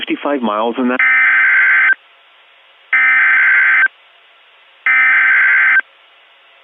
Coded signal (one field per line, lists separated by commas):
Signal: Emergency Alert System (SAME) tones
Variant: header bursts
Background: speech